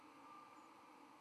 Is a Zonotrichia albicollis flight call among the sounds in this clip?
no